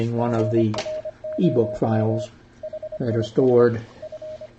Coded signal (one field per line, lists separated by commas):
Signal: Morse code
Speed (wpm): 25 wpm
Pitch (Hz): 620 Hz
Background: speech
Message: FROM HIS F